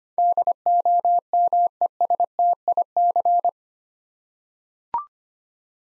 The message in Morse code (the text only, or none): DOMESTIC